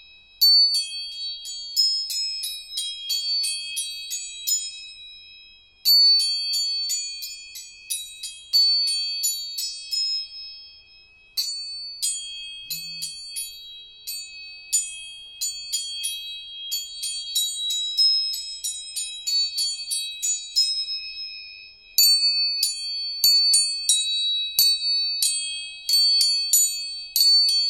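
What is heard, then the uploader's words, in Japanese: Tuning forks are struck again and again, each high, pure ringing tone sustaining and slowly fading as new strikes overlap it. The taps come in dense runs broken by brief pauses near 6, 11 and 22 seconds, with nothing low underneath. 音叉チューニング。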